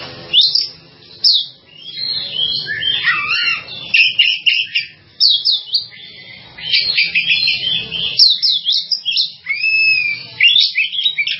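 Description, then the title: Java sparrow song, long sequence of chirps and arching whistled notes with brief pauses between phrases. "kicau gelatik"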